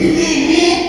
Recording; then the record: squeal of a Yucatan mini pig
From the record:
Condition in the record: after surgery on the right vocal fold (resection and tissue-engineered implant); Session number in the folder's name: 2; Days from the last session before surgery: 13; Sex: male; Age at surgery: 12 weeks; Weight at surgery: 13 kg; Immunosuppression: cyclosporine, prednisolone